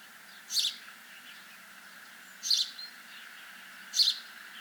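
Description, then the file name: House sparrow calls: three loud chirps spaced one to two seconds apart, with softer chirping in the background. "Passer domesticus"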